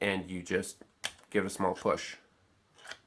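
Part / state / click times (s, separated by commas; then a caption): fixed blade knife out of its molded sheath / released / 2.9 s. Someone talks as a thumb pushes an ESEE Izula 2 fixed blade knife out of its molded sheath. The knife pops free of the sheath's retention with a small pop at 2.9 s, releasing it.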